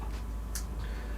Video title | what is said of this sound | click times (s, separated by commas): RushFPV Blade F277 FC Analog + Sport 50A ESC - Unboxing + Overview - Flight Test + Review | So you hear that, you get that satisfying click, and you could yank on that sucker, it ain't coming out. | 0.6 s